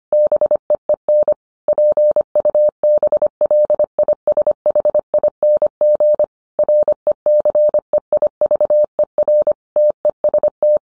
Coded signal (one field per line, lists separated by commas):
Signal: Morse code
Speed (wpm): 25 wpm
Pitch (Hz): 600 Hz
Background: none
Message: BEEN PUBLISHING RECEIVER TEST